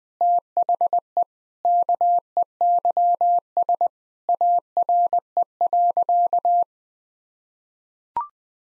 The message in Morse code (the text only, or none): THE KEYS ARE.